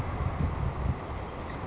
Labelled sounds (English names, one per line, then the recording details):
Savannah Sparrow
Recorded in Sonoma County, California